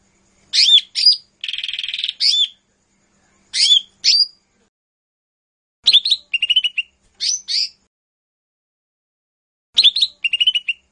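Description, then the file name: Leafbird song of sharp high notes, a steady buzzy rattle and descending whistled slurs, delivered in separate bursts with short silences between them. "cucak hijau mini. omkicau"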